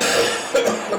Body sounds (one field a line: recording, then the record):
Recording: coughing mixed with background sound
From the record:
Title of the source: Cough Around the Clock!